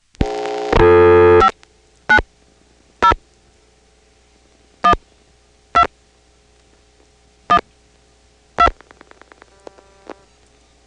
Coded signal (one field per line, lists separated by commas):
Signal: DTMF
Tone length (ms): 90 ms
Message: 59 0 1 2 1 2